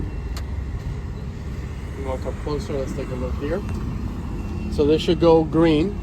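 A Tesla charging cable fitted with a third-party NACS-to-CCS1 adapter is plugged into the vehicle's charge port, giving one short click at 0.4 s as it seats. Steady vehicle noise runs throughout, and someone talks afterward.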